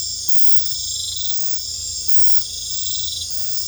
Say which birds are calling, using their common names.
none